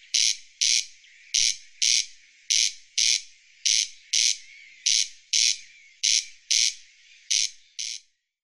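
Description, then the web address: Bird calls: short, buzzy high notes repeated in pairs at a steady pace, in otherwise quiet surroundings. "птицы"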